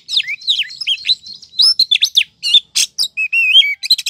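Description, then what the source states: Oriental magpie-robin song, a continuous rapid stream of varied whistles, slurred rising and falling notes, and a few harsh scratchy notes mixed in. Female.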